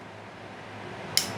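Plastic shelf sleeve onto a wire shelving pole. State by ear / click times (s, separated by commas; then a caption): seated / 1.2 s. A plastic shelf sleeve is started high on a wire shelving pole and slid down until it snaps into the groove. Faint low background noise runs until a sharp, bright click at 1.2 s, when the sleeve snaps into position and is seated.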